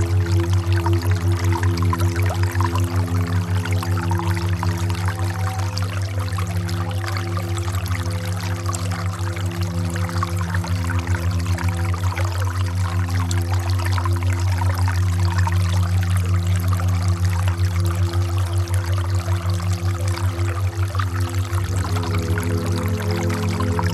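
Steady, low humming tones layered into a warm drone, with a slow pulsing throb in the deepest note, set under a constant rush like flowing water. The sound holds evenly throughout, with a brief shift in the tones near the end.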